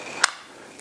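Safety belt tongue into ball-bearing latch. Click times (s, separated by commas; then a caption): 0.2 s. A race car safety belt tongue is pushed into its ball-bearing latch and locks with a sharp, bright click at 0.2 seconds. The click confirms the belt has engaged between the bearings and is seated. A faint tick follows near 0.8 seconds over a low background hiss.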